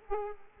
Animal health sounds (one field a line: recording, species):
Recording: mosquito wingbeat signal from an infrared sensor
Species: Culex quinquefasciatus